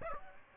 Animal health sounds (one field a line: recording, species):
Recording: mosquito wingbeat signal from an infrared sensor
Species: Aedes aegypti